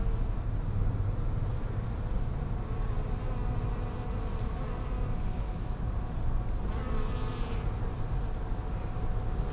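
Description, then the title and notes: Bees humming steadily, several wingbeat tones overlapping, one buzz swelling louder and higher for a moment late, over low background rumble. Bees in lavender in a hospital's palliative care garden in Brussels, Belgium; peaceful spot away from other pavilions; recorded with Sony PCM-M10 internal microphones. "Hôpital Brugmann, Place Arthur Van Gehuchten, Bruxelles, Belgique - bees in the palliative care services garden. Bees in the lavender from the palliative care service's garden. Abeilles dans la lavande, jardin du service de soins palliatifs"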